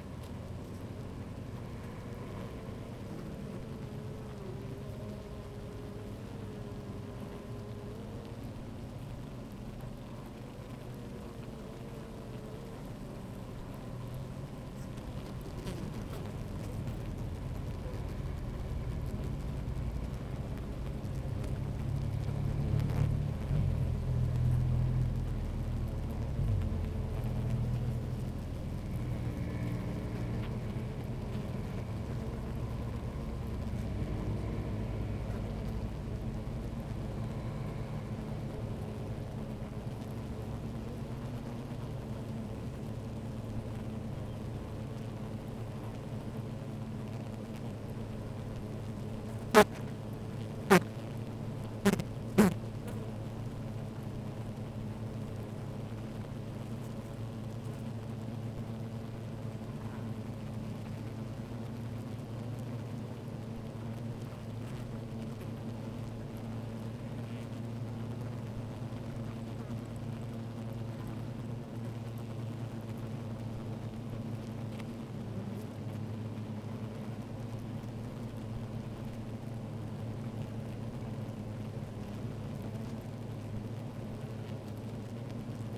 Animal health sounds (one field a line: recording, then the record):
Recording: honeybee colony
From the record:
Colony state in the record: active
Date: 28 July 2017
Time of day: 12:35